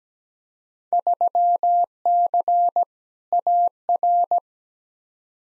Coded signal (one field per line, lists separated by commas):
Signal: Morse code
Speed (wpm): 17 wpm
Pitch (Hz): 700 Hz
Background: none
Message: 3C AR